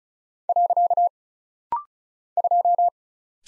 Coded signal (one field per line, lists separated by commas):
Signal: Morse code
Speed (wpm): 35 wpm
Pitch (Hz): 700 Hz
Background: none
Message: . 2